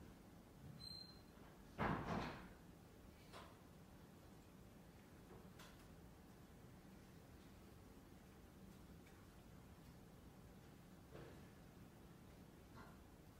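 Inside a Glasgow library, a steady low hum and faint murmur hold throughout. Near two seconds a door thuds shut, the loudest moment, and a few light knocks and clicks follow at scattered intervals, around three, five and eleven seconds.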